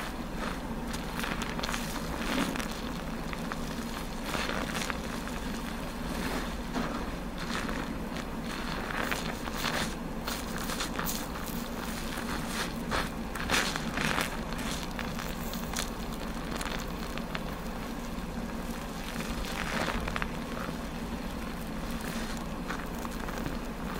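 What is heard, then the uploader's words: Hair is shampooed with a steady scalp massage, the lather crackling and squishing in dense, uneven bursts. A low, constant hum runs underneath the whole time, and the overall level stays even from start to finish. Gentle Shampoo and Massage. Today it's a shampoo, scalp massage, hair washing with no talking.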